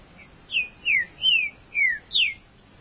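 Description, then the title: Green-winged saltator song: a soft note, then a clear phrase of five loud whistled notes, each falling in pitch, in quick, even succession. "Trinca Ferro"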